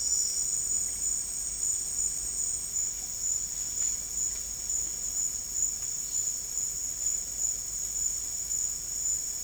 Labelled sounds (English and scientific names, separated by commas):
none